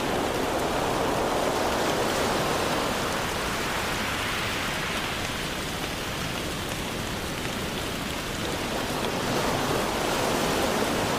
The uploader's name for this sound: Rain Sounds